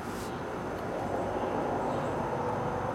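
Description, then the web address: Honey bees buzzing in a steady, dense, low hum that barely changes in level throughout, with only a brief high hiss at the very start. During a hive inspection on 27 May 2010. "bees 20100527 inspection"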